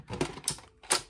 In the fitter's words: line this up like this to hear it snap, and then close this up.